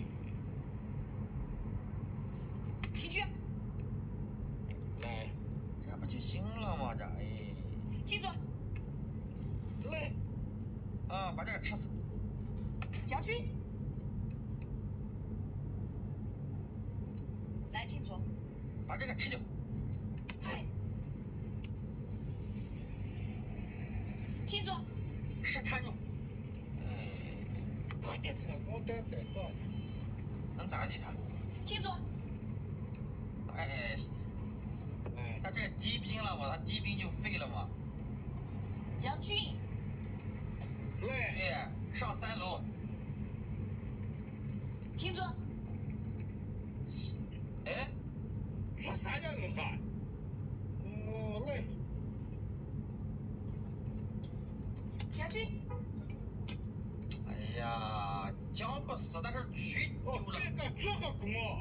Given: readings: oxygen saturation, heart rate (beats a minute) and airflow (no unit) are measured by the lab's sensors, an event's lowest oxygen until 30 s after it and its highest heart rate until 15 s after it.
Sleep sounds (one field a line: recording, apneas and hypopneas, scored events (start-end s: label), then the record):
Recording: a person awake in a sleep study, by a smartphone at the bedside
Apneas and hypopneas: none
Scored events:
0.00-61.61 s: awake
From the record:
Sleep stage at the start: awake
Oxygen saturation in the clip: 96%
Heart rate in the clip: 76 to 81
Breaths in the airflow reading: 16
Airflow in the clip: -3.3 to 4.4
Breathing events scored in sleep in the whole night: 131 in 7.2 hours asleep